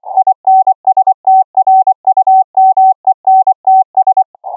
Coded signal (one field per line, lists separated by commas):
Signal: Morse code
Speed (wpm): 25 wpm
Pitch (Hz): 760 Hz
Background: none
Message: INSTRUMENTS